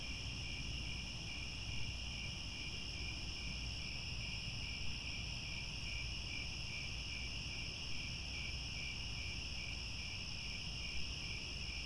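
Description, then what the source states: Crickets chirping continuously in a shimmering high chorus, with fast regular pulses layered over several pitches and a constant low background rumble. Crickets chirping at twilight.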